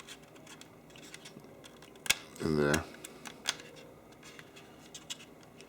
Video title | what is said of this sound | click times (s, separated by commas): Hobbyboss 1/48 TBM-3 Build, Part 3 & Final | Of course, when you do it on camera, it doesn't snap. | none